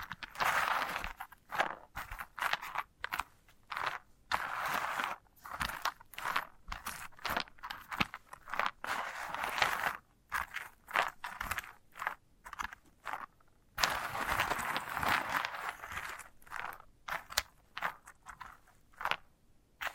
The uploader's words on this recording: ASMR of a Sunflower Head (No Talking).